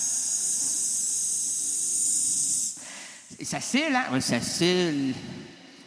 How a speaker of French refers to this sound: C'est un serpent sonnette en plus dans le sable mouvant. Regarde-moi là, elle va mourir, là, puis c'est le sable mouvant, puis le serpent qui va piquer.